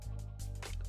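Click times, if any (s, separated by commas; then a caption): none. A plastic model kit part for an MG MSN-04 Sazabi Ver.Ka robot model is slid up into its mounting slot and pushed to snap into place, over a steady low hum with music. Only faint soft hits come through, around 0.6 s and 0.9 s, with no crisp click. The part has not snapped in yet.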